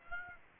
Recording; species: mosquito wingbeat signal from an infrared sensor; Aedes aegypti